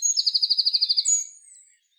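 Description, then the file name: Eurasian wren: a fast, evenly pulsed high trill of about a dozen notes, ending in a thin, sharp whistle. "Troglodytes troglodytes"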